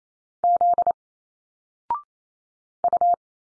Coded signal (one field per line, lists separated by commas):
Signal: Morse code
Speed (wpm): 28 wpm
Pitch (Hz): 700 Hz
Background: none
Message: Z U